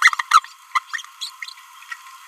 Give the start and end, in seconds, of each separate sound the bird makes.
0.02-0.12, 0.19-0.22, 0.31-0.39, 0.75-0.79, 0.93-1.02, 1.21-1.30